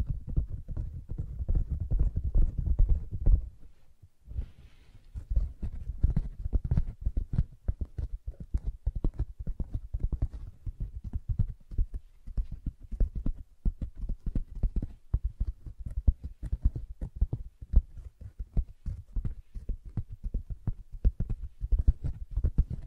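Fingers tap and scratch on a soft fabric surface in quick, uneven strokes, each a dull thud with a bit of brighter scrape. The tapping is dense and busy throughout, pausing briefly near four seconds before resuming steadily.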